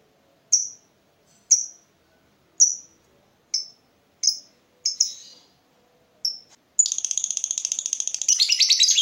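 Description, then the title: Lovebird song: a series of spaced sharp chirps, then a fast, rattling, high chattering trill to the end. Lovebird's singing style shown as very clever at baiting, prompting other birds to sing. "Dari Gayanya Lovebird Ini Terlihat Pintar Sekali Memancing"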